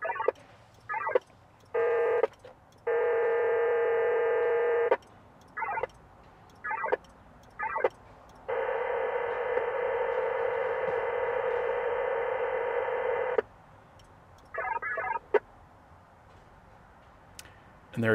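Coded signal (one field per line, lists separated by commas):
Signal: HF data modem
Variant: VARA FM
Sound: alternating short and long bursts of dense buzzing multitone hiss, about a dozen exchanges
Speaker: I'm going to just take one of them I'm going to deselect the other ones [Music] and there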